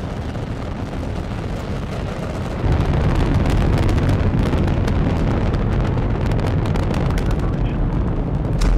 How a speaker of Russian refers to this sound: Система отделяется от Земли и вертикально взлетает, оставляя за собой огромные клубы белого дыма.